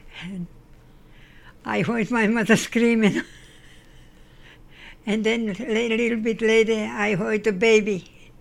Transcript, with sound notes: and I heard my mother screaming. (Laughs) And then a little bit later I heard the baby,